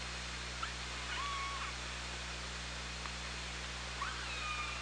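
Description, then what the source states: Killer whale calls under water, two short tonal calls near one and four seconds, one sweeping up then holding level, over steady hiss and low electrical hum. Recorded on an OrcaLab hydrophone, 24 August 2017, around 17:37.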